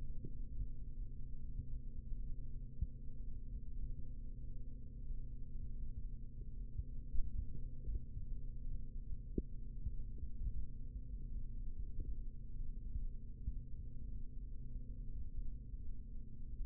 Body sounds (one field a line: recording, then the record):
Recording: forearm muscle sounds (acoustic myography)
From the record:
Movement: rest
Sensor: system 3, bracelet of six PUI Audio POM-2738L microphones around the upper forearm, with dedicated amplification and filtering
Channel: 1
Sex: male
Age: 25 years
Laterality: right